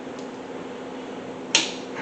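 A plastic safety keeper clip is pressed over the quick-connect coupling of a fuel line that has just been pushed into its fitting. Over a steady low background hum, it snaps into place with one sharp click at 1.5 s, and the keeper is seated.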